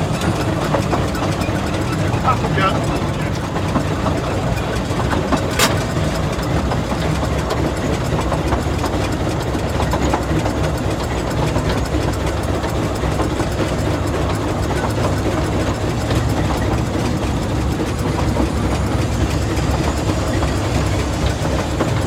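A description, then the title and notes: A steam engine on the Talyllyn Railway idles with a steady low rumble and hiss, broken by a brief sharp click near six seconds. Loco Sounds: Volume 1 - The Talyllyn Railway. Recorded By Luke Ryan. Sound Engineering By Tom Denham. Sounds and environments of the Talyllyn Railway.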